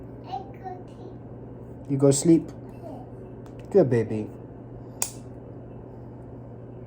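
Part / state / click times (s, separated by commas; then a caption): knife handle components into frame / seated / 5.0 s. Someone talks while pinching the handle components of a ZT 0640 folding knife, an Ernest Emerson collaboration, back into its frame. A single sharp, loud snap rings out at 5.0 s as the knife parts snap back together and seat in place.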